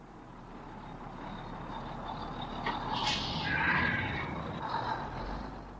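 A bus engine gives a steady low rumble with a sharp hiss of air brakes rising midway, swelling for a couple of seconds before fading back into the idling drone.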